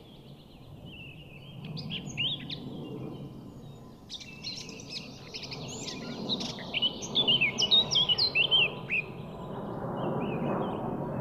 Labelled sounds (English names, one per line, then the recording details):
Eurasian Blackcap song
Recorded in the wild
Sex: male
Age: adult
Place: Schönow, Naturpark Barnim, Brandenburg, DE
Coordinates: 52.6954, 13.505
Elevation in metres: 68
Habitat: pine forest
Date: 2014-05-04
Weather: cloudy, 5°C, weak wind
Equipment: Sound Devices 702, Sennheiser MKH 70, Rycote Windschutz
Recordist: Frommolt, Karl-Heinz